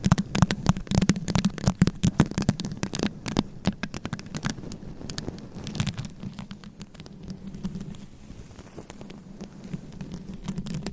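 Scratching and tapping sounds come in quick, dense strikes for the first six seconds, with a low steady hum beneath them. After about six seconds the strikes thin out into softer, sparser rubbing and scraping, while the low hum continues throughout.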